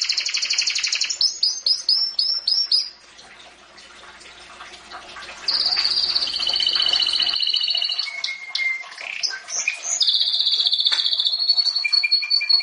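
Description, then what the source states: Domestic canary song of repeated chirping notes, then a pause of a few seconds, then long steady whistled trills and more varied phrases. Champion singing domestic canary.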